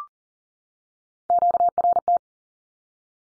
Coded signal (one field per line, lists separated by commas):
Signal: Morse code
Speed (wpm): 40 wpm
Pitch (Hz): 700 Hz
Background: none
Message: QRT